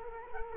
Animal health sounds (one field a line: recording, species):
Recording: mosquito wingbeat signal from an infrared sensor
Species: Culex quinquefasciatus